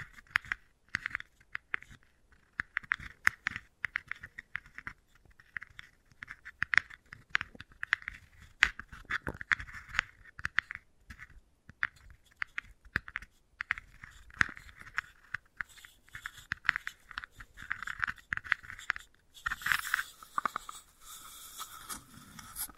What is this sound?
Wooden Ball Triggers